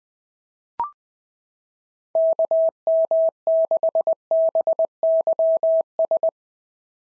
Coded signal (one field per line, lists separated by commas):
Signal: Morse code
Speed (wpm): 18 wpm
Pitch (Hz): 650 Hz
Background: none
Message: KM6BYS